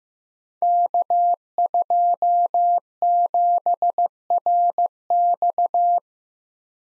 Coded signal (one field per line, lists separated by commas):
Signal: Morse code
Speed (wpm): 15 wpm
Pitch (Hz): 700 Hz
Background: none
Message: K27RX